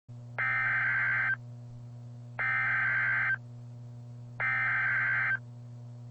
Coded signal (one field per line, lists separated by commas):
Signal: Emergency Alert System (SAME) tones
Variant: header bursts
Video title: EAS Tornado Warning 1: Dallas area NWS 12/26/15